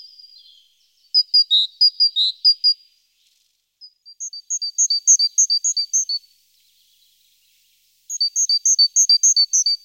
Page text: chant : Mésange charbonnière